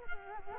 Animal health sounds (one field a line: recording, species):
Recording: mosquito wingbeat signal from an infrared sensor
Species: Culex quinquefasciatus